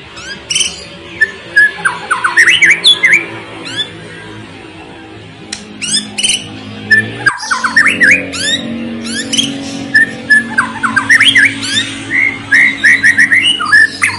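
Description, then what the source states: White-rumped shama delivering bursts of varied whistled phrases and slurred notes, pausing briefly between outbursts, over a faint steady hum. Constantly singing (gacor) white-rumped shama song, meant to make other birds respond and sing.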